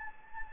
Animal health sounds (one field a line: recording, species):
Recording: mosquito wingbeat signal from an infrared sensor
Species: Anopheles gambiae